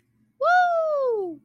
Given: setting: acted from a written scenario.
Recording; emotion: vocal sound without words; elation